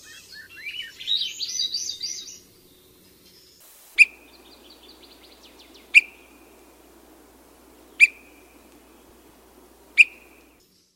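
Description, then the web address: Swainson's thrush song: a flute-like phrase spiralling upward for about two seconds, then four sharp 'whit' calls, one every two seconds, over soft background hiss. "Songs of Birds of North America. Swainsons Thrush"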